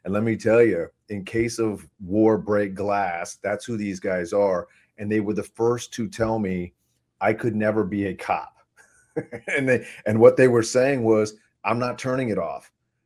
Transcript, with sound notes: and let me tell you, in case of war, break glass, that's who these guys are, and they were the first to tell me, "I could never be a cop." (laughs) And they ... And what they were saying was, "I'm not turning it off